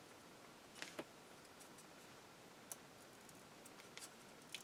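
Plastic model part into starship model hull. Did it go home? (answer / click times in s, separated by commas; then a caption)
no / none. A plastic part is handled and pushed toward its mounting on the hull of a plastic Enterprise-D starship model kit during assembly. Only faint handling ticks and light plastic contacts are heard, around 0.8, 1.0, 2.7, 4.0 and 4.6 seconds, over a quiet background. Nothing has seated or clicked into place yet.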